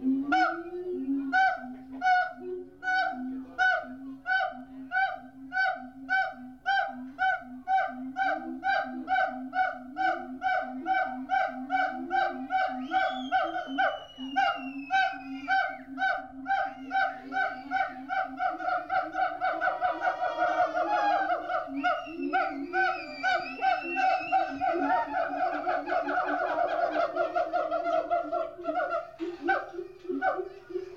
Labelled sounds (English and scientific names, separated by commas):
Siamang (Symphalangus syndactylus)